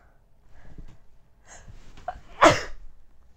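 A single sneeze from an adult woman: a short, quiet, catching inhalation followed by one loud, explosive burst.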